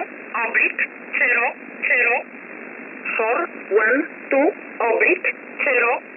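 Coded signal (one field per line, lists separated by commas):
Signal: numbers station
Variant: E11 Oblique, English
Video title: 10 05 2021 Number station E11 Oblique in English to Eu 0450 on 7469 unknown tx site in USB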